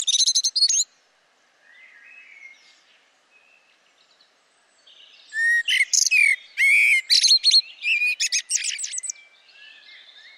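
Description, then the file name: Eurasian blackbird calling in rapid chirpy bursts, a short phrase at the start then a longer run of sharp, harmonic notes and whistles after a quiet pause. "Turdus merula"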